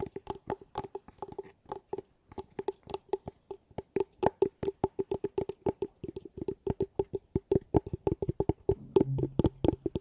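Fast, sharp tapping in quick irregular bursts with a ringing hollow tone, ending with a brief low hum near the last second.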